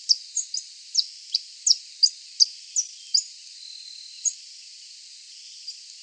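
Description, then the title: Coal-crested finch song: a series of short, high, sharp chirps about every third of a second, pausing briefly, then a few more scattered notes over faint background hiss. "LuckyPassaro Completos2Sama. Coal-crested Finch (Charitospiza eucosma)"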